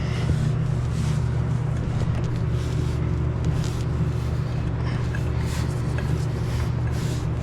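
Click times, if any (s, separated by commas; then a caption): none. A PTC torque converter for a Nova is spun by hand on the transmission input shaft, trying to engage the transmission pump splines, over a steady low rumbling hum with faint scraping and two brief ticks near 5.2 and 6.0 seconds. The converter has not seated or clicked into the pump yet.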